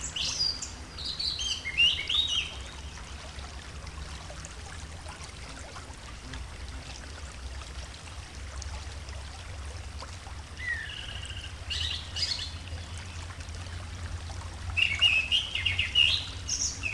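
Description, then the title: Orange-headed thrush song: bursts of varied, sweet whistled and slurred phrases near the start, around 11–12 seconds and near the end, separated by long pauses over a steady hiss and low hum. "Burung Anis Merah"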